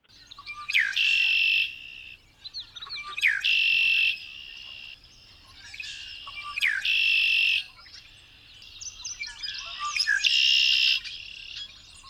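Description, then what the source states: Red-winged Blackbird song: short sharp notes followed by a harsh, buzzy trill, repeated about every three seconds. Played as the program's mystery sound; said to be remarkably easy to identify by its song.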